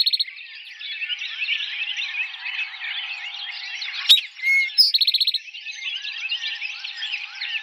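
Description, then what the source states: Eastern towhee singing: a trill ends a phrase at the start, then a full song of sharp note, slurred whistle and quick trill, over continuous busy chatter of other birds. Recorded in 2007.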